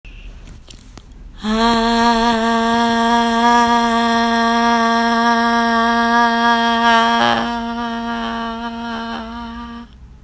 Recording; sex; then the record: sustained vowel /a/; female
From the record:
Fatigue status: no fatigue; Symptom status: asymptomatic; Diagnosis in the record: COVID-19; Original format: m4a